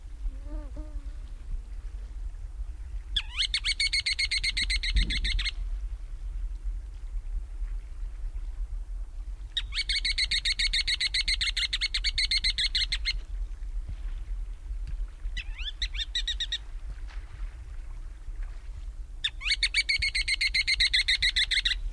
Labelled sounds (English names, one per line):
Ruddy Turnstone call